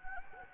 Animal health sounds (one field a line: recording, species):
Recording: mosquito wingbeat signal from an infrared sensor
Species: Anopheles gambiae